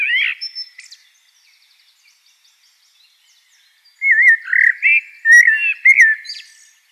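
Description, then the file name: Eurasian blackbird singing: a mellow fluted phrase, a pause with soft high twittering, then a run of rich warbled notes ending in squeaky twitters. "Turdus merula"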